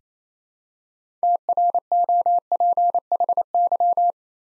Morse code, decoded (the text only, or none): TROPHY